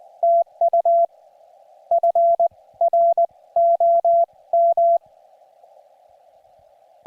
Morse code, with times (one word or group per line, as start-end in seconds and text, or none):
0.2-1.1 TU
1.9-5.0 FROM